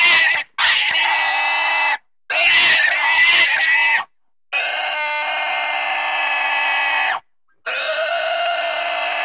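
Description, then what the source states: Pig shrieking in shrill bursts, short ones first, then a long sustained scream and another after a pause. Intense squeals.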